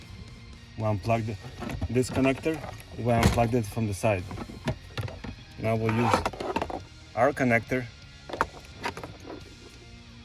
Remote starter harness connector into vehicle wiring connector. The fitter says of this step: plug it in just like that make sure it clicks